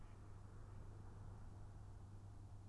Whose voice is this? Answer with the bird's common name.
Mallard